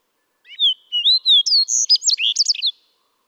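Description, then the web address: Fox Sparrow song: a few clear slurred whistles, then a rapid run of rich, sweeping notes, with a quiet background. "birdsongforthecurious songs Fox Sparrow"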